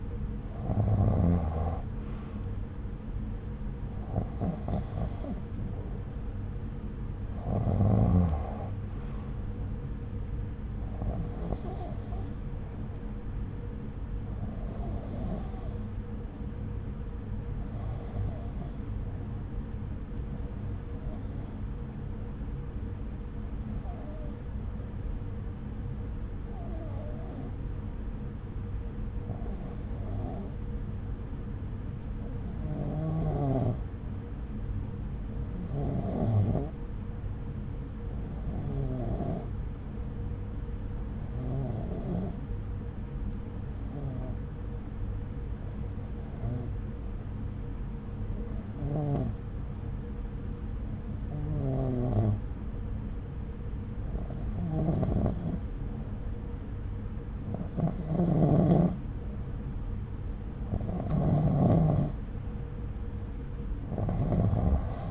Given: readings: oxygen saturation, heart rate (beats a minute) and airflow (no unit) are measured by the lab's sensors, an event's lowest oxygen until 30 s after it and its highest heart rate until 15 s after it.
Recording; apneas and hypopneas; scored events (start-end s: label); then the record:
breathing in sleep by a smartphone at the bedside; 1
19.00-57.00 s: hypopnea (REM, oxygen 95% highest, then 91% lowest)
From the record:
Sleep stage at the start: REM sleep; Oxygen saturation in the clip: 88 to 95%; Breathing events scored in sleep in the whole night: 303 in 8.1 hours asleep